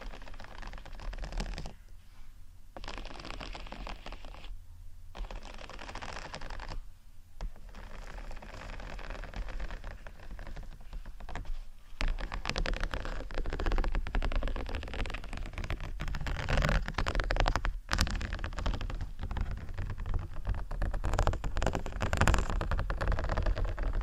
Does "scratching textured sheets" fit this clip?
yes